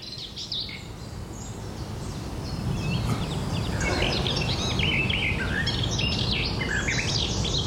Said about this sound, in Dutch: ik vind je wel best wel goed, tuinfluiter. Want Rob Buiten nam het op.